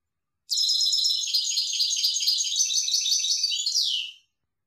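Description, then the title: European goldfinch song, one continuous three-and-a-half-second phrase of rapid jangling twitters and trills ending in a downward-sweeping note. "Chant Chardonneret"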